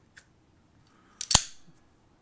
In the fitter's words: gonna hear a snap that's this mechanism here holding the base plate there